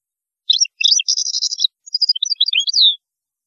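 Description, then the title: European goldfinch singing a fast, liquid twittering phrase of jangling high notes, ending in a drawn-out descending note. "Chant Chardonneret"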